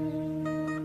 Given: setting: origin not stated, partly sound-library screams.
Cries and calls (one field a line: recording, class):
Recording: one-second piece from a danger detection set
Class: normal situation